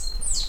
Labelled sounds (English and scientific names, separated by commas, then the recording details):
Stitchbird (Notiomystis cincta) song
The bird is a male
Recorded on Tiritiri Matangi Island, New Zealand, in 2005
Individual 10, of nest box 12